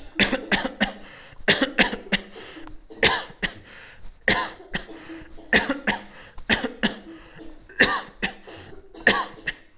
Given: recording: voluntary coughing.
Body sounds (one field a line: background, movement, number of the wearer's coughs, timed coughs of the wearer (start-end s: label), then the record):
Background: a bystander coughing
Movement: sitting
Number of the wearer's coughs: 18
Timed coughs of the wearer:
0.17-0.45 s: cough
0.49-0.75 s: cough
0.78-1.00 s: cough
1.45-1.76 s: cough
1.76-2.01 s: cough
2.10-2.30 s: cough
3.00-3.32 s: cough
3.41-3.57 s: cough
4.25-4.60 s: cough
4.72-4.86 s: cough
5.50-5.81 s: cough
5.85-6.07 s: cough
6.47-6.71 s: cough
6.80-7.03 s: cough
7.77-8.08 s: cough
8.21-8.40 s: cough
9.04-9.34 s: cough
9.45-9.67 s: cough
From the record:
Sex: male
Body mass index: 22.0 kg/m2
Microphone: on the chest, facing outward